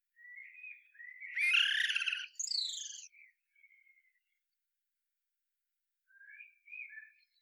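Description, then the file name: Common blackbird song: soft warbled notes lead into a loud rich phrase with a shrill twittering finish, then faint low notes begin again after a pause. "Turdus merula"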